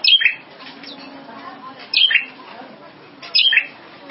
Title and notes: Suara Kicau Burung Prenjak Lengkap dan Ngerol